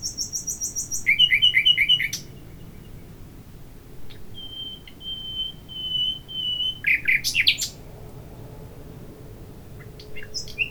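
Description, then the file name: Common nightingale song: high repeated notes, a drawn-out pure whistle, then a loud burst of rich varied phrases. "Luscinia megarhynchos"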